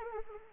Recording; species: mosquito wingbeat signal from an infrared sensor; Anopheles arabiensis